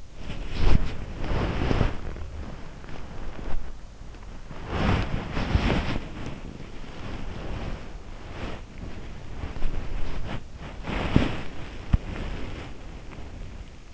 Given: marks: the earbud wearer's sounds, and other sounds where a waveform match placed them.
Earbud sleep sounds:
sounds in sleep by an in-ear microphone; body movement
0.00-3.71 s: body movement
4.49-13.94 s: body movement

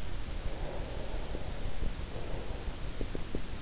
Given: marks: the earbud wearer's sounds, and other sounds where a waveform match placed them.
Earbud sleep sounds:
sounds in sleep by an in-ear microphone; breath
0.25-3.15 s: breath

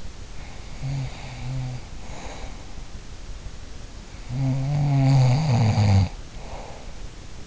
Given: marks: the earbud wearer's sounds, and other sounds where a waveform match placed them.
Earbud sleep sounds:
sounds in sleep by an in-ear microphone; snoring breath
0.33-2.65 s: snoring breath
4.03-7.47 s: snoring breath

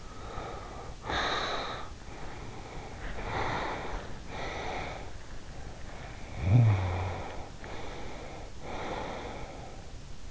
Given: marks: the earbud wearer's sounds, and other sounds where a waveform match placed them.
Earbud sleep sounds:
sounds in sleep by an in-ear microphone; breath, snoring breath
0.00-1.97 s: breath
2.08-4.26 s: breath
4.44-7.59 s: snoring breath
7.70-10.30 s: breath

